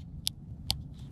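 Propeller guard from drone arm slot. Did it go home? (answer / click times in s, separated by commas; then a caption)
released / 0.3 s, 0.7 s. A plastic propeller guard is pulled off its slot on the arm of a Potensic P5 Dreamer Mini drone, first from one side and then the other. It gives two sharp, bright snaps at 0.3 s and 0.7 s over a low background rumble. The guard is released from the arm.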